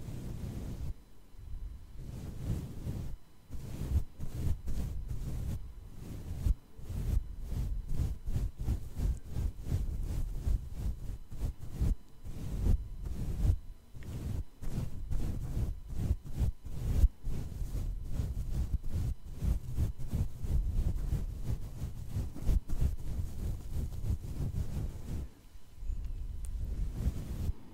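Brushing on a face, quick strokes following one another almost without pause for the whole clip. The sound is soft, low and full with a light hiss on top. It thins briefly near the start and again around 25 seconds before resuming.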